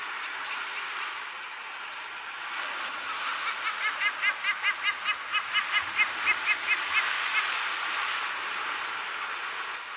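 Heermann's gull calls: a rapid series of nasal notes over a steady roaring background noise.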